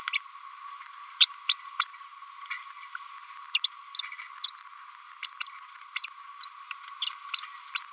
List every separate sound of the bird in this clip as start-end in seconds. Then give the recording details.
1.20-1.29, 1.49-1.56, 1.79-1.85, 3.54-3.59, 3.64-3.71, 4.43-4.51, 4.58-4.63, 5.23-5.30, 5.40-5.47, 7.74-7.83. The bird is a female. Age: 32 days. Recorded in a nest box in Venezuela. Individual 17B102A5